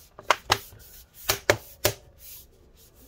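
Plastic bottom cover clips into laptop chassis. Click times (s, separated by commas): 0.3 s, 0.5 s, 1.5 s, 1.8 s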